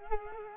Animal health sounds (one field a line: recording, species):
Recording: mosquito wingbeat signal from an infrared sensor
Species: Culex quinquefasciatus